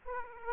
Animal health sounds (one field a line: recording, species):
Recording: mosquito wingbeat signal from an infrared sensor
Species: Aedes aegypti